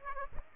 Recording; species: mosquito wingbeat signal from an infrared sensor; Aedes aegypti